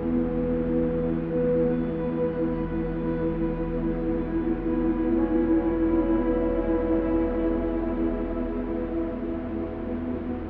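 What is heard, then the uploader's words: Soft piano tones ring out and sustain into a steady, resonant wash of atmospheric sound, warm and low with no bright top. The held notes shift to a new set about halfway through, while the overall level stays even throughout. Accompanied by the delicate notes of a piano and atmospheric sounds drifting from left to right.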